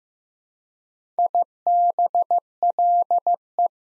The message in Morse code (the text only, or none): IBLE